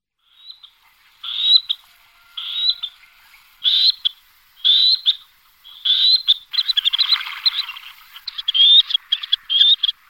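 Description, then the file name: Black-necked grebe calling with short rising whistled notes, repeated about once a second, then breaking into a fast, chattering trill of overlapping notes. "potápka-černokrká"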